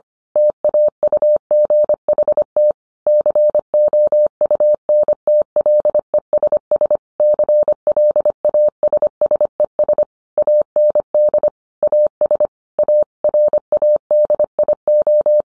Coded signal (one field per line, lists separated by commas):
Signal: Morse code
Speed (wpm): 25 wpm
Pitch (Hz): 600 Hz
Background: none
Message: TAUGHT COUNTLESS CLASSES AND AS A RADIO